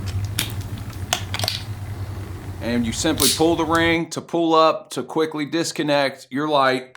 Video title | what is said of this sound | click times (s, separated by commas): Braun 3 in 1 Quick Connect Light Kit Review | And as we see, we can push this in and it will lock into place. | 0.4 s